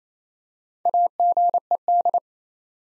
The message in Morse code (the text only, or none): AGED